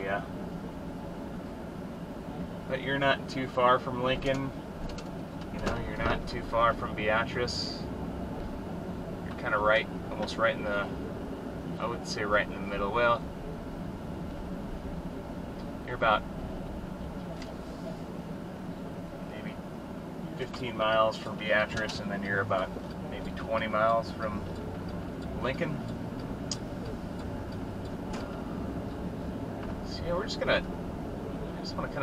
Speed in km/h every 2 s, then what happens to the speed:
19, 16, 16, 19, 23, 24, 27, 27, 24, 16, 10, 6, 15, 21, 27, 32.
4-12 speeds up to 27. 15-22 slows to 6. 22-32 speeds up to 32.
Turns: 19-27.